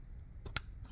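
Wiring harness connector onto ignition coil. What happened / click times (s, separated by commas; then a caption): The plastic electrical connector snapped into its locked position / 0.6 s. During a spark plug service on a Porsche 996 3.4L, a wiring harness plug is pushed onto the ignition coil pack connector. A faint rustle at 0.5 s is followed by a sharp, bright click at 0.6 s as the connector seats and locks in place.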